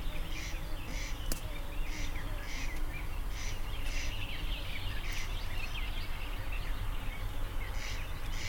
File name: hipcal ima kk 210613 eka koiras pidempaa saetta mahd uusi